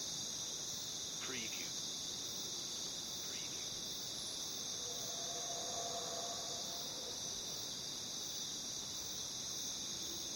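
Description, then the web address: Crickets sustain a shrill, continuous chorus while two faint brief calls cut through early and a soft lower warble follows midway. Crickets in a jungle. "the sound pack tree. jungle crickets"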